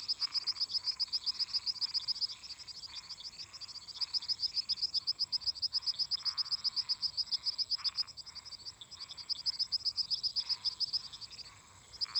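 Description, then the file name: Crickets chirp continuously in high, rapid pulses with only brief pauses, mixed with pulsing buzzy calls of frogs and toads lower down. Crickets singing constantly together with toads and frogs. "Grilos cantando constantemente em conjunto com sapos e ras"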